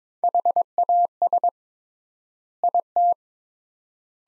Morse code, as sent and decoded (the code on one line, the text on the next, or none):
.... .- ... / .. -
HAS IT